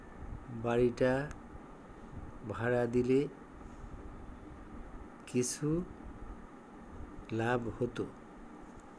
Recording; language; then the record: elicited speech; Bengali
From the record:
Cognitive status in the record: dementia